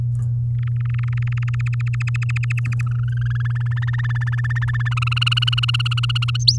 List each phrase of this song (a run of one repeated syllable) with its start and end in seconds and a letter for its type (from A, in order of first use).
0.58-1.61 A, 1.66-2.81 B, 2.87-3.73 C, 3.76-4.94 D, 4.97-6.37 E, 6.40-6.58 F